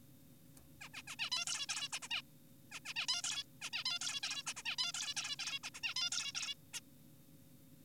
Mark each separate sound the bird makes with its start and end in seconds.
0.81-0.89, 0.94-1.02, 1.08-1.16, 1.19-1.30, 1.32-1.45, 1.47-1.66, 1.69-1.88, 1.93-1.99, 2.02-2.08, 2.11-2.22, 2.72-2.80, 2.86-2.94, 2.96-3.06, 3.09-3.22, 3.24-3.44, 3.62-3.70, 3.73-3.84, 3.86-3.99, 4.01-4.20, 4.24-4.43, 4.47-4.54, 4.57-4.63, 4.66-4.76, 4.78-4.92, 4.94-5.14, 5.17-5.36, 5.39-5.59, 5.64-5.70, 5.74-5.80, 5.83-5.94, 5.96-6.10, 6.12-6.32, 6.35-6.54, 6.74-6.80